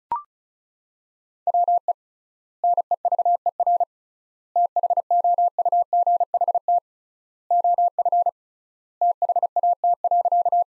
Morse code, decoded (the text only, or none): WE NEVER THOUGHT OF THAT.